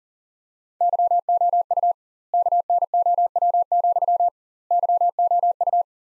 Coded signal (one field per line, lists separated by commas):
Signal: Morse code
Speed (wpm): 40 wpm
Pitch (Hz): 700 Hz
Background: none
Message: YOU KNOW, YOU